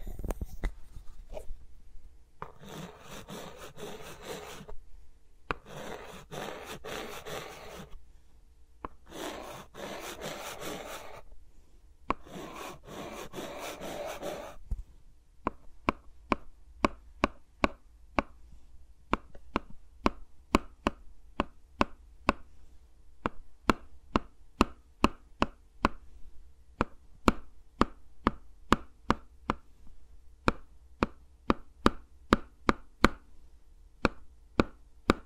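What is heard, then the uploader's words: ASMR finger sounds: four long rubbing bursts in the first fifteen seconds, then quick irregular taps and clicks continuing to the end. ASMR with Mics Around My Fingers (No Talking).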